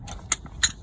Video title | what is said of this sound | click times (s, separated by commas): 2015 Elddis Avante 576 Handover | literally just put it up and over until you hear that clunk. | 0.3 s